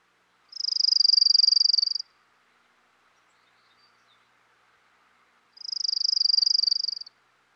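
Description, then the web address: Orange-crowned Warbler song: two high, rapid, even trills about one and a half seconds each, separated by roughly three and a half seconds of quiet. Recorded in western North America. "Dan Gibson Wildlife Identification By Sound, Western North America. Orange-Crowned Warbler"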